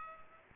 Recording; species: mosquito wingbeat signal from an infrared sensor; Culex pipiens